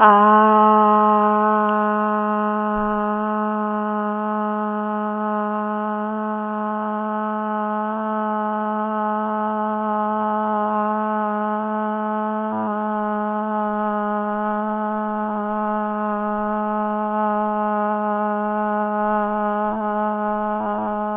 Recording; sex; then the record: sustained vowel /a/; female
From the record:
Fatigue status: no fatigue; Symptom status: symptomatic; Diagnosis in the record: COVID-19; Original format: 3gp